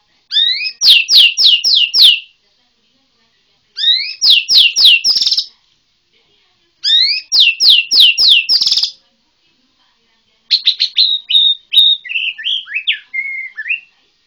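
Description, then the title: White-rumped shama song: three loud bursts of rapid descending sweeps separated by pauses, the last two ending in a buzzy rattle, then a varied twittering phrase. Bornean white-rumped shama. "MURAI BORNEO"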